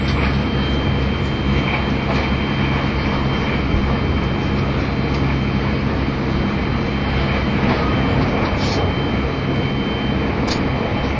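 The Shirasagi No. 14 train runs with a steady, dense low rumble and roar, a faint constant whine above, and occasional brief clacks.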